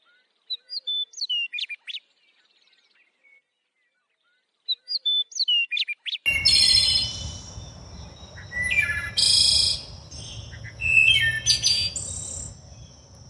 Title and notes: Birdsong : Western Meadowlark